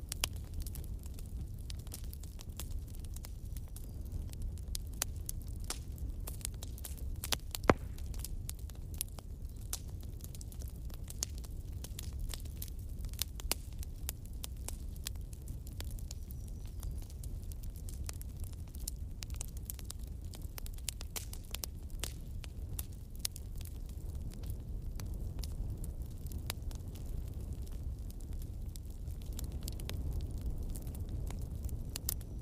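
A campfire burns with a steady low roar of flames underneath. Sharp crackles and pops snap through it constantly, irregular and dense for the whole half minute, with a few louder pops standing out.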